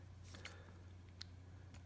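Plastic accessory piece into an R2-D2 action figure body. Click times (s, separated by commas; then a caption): 1.2 s. A removable plastic piece is pressed back onto the other side of a Star Wars The Black Series 40th Anniversary R2-D2 action figure body, with soft plastic handling noises around 0.3–0.5 s over a steady low hum. A sharp tick at 1.2 s marks the piece snapping back into place, seated, with one side sticking a little better than the other.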